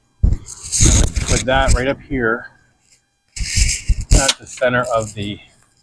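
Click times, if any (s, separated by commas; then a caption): none. A magnetic bug screen is held up and centered on a van door opening, ready to go against the metal door frame. Someone talks while handling it, with brief sharp sounds around 4.0 and 4.1 seconds between the speech. Nothing has seated or clicked into place yet.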